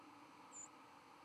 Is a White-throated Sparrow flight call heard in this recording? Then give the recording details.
yes. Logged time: 01:49 on 12 November 2014